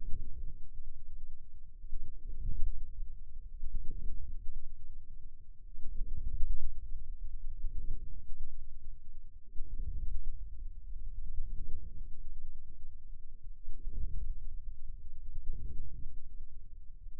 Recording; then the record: forearm muscle sounds (acoustic myography)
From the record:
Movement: inward rotation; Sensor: system 2, bracelet of six BSWA MPA416 microphones around the upper forearm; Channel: 2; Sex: male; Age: 22 years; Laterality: right